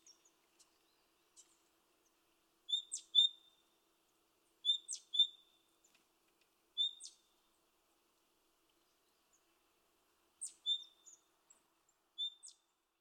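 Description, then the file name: Great tit calls: quiet pairs of high, sharp notes in short bursts separated by silent pauses. "Parus major"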